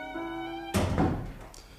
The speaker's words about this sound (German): Kellner, schließen Sie die Tür.